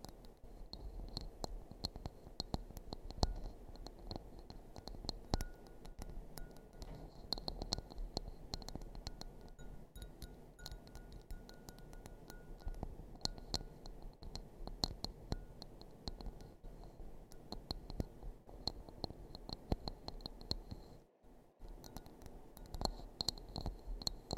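Crinkling, scratching and tapping fill the clip with dense, irregular clicks and rustles over a low rumble, pausing briefly near twenty-one seconds.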